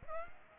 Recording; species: mosquito wingbeat signal from an infrared sensor; Aedes aegypti